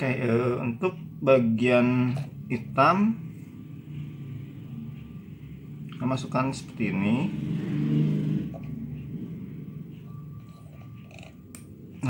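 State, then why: Seated. While someone talks, the black part of the rear turn-signal lamp wiring connector on a Yamaha X-Ride motorbike is pushed into its mating plug during a repair of the broken rear signal lamp. A few faint taps come just after 11.1 s, and a sharp click at 11.6 s shows the connector has seated.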